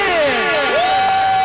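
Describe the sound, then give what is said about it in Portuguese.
A crowd of Remo football club fans cheers loudly, many voices whooping and shouting together in a steady, dense roar, with rising and falling high-pitched cries standing out over the mass of sound. “Cadê a minha torcida do Remo aí?”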